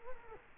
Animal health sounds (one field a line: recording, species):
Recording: mosquito wingbeat signal from an infrared sensor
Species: Culex quinquefasciatus